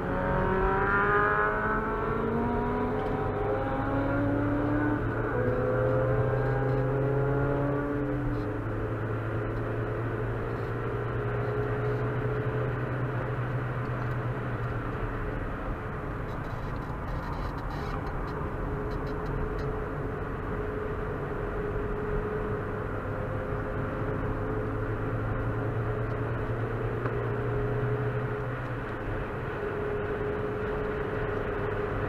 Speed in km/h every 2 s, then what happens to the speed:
55, 62, 71, 81, 86, 92, 98, 92, 67, 70, 73, 80, 86, 92, 95, 97.
0-12 speeds up to 98. 13-16 brakes to 67. 17-32 speeds up to 97.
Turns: 15-24.